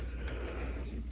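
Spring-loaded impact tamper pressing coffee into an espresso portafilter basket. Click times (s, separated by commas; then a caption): 1.1 s. A spring-loaded, self-leveling impact tamper with a lip presses coffee grounds into a 58 mm espresso portafilter basket on an all-in-one semi-automatic machine, over a steady low hum. A soft bump comes at 0.3 s, and the spring releases with a sharp snap at 1.1 s when the set tamping force is reached. The snap confirms the tamp worked.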